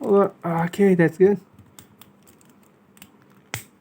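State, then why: Seated. Someone talks as a hard-to-line-up plastic transformation part is pressed into the body of a transforming robot figure during its transformation. A few faint ticks follow in the quiet, then a sharp snap at 3.5 s as the part seats in place.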